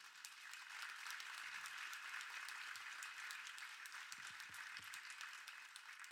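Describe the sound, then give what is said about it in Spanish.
A crowd at a meeting of communities affected by extractive industry in Zacatecas applauds steadily for several seconds for supporting comrades from Roma, a dense wash of many hands clapping at an even, sustained loudness with no speech over it. “Sí, les pido un fuerte aplauso para mis compañeros de Roma, que nos han apoyado siempre.”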